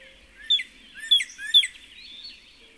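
Northern cardinal song: three loud slurred whistles about half a second apart, sliding down, with faint chirping of other birds behind.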